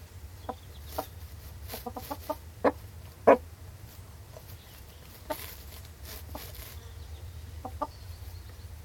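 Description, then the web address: Chickens giving scattered short clucks and a couple of louder squawks over a steady low rumble. "Sound Effects-BBC Chickens"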